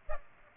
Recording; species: mosquito wingbeat signal from an infrared sensor; Aedes aegypti